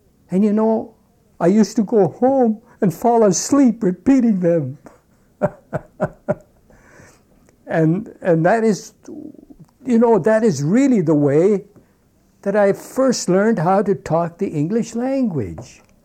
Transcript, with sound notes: And you know I used to go home and fall asleep repeating them. (he laughs) And that is you know, that is really the way that I first learned how to talk the English language.